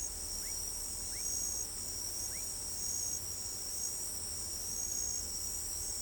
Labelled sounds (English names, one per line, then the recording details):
none
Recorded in pastures near Pivijay, Magdalena, Colombia, on 1 June 2023 at 04:00
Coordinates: 10.456, -74.369
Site P6-G026